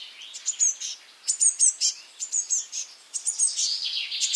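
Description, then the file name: Eurasian blue tit giving quick clusters of high, thin, slurred notes in short bursts, closing with a buzzy descending chatter. "Cyanistes caeruleus"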